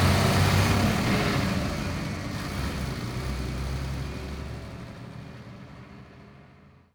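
A bus engine runs with a steady, throaty low rumble and broad mechanical noise, holding for several seconds before gradually fading away at the end. No voices are heard.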